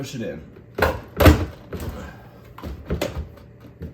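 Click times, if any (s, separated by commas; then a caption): none. Someone talks while handling a refrigerator ice maker part, lifting it up and pushing it into the freezer compartment. Several sharp knocks and thuds are heard around 0.8, 1.2, 2.6, 2.9 and 3.0 seconds. Nothing has seated or clicked yet.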